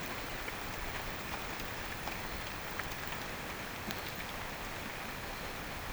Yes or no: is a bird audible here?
no